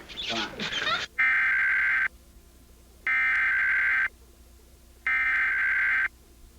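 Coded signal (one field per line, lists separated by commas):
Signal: Emergency Alert System (SAME) tones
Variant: header bursts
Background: speech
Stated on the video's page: Tornado warning relayed by Comcast cable from WQHQ-FM, preceded by the start of WMDT-DT3's alert tones.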